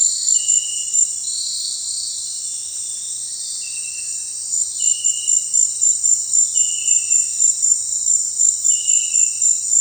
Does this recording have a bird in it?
no